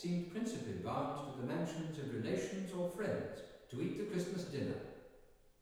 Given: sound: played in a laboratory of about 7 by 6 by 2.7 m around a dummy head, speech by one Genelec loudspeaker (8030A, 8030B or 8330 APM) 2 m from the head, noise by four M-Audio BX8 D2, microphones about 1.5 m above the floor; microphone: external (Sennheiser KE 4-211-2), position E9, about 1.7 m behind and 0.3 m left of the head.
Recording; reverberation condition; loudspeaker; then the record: male speech in English; high; 30 degrees to the right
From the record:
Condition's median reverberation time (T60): about 1300 ms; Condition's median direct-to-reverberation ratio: about -4.0 dB